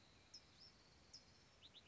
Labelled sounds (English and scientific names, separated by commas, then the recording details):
California Towhee (Melozone crissalis)
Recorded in Sonoma County, California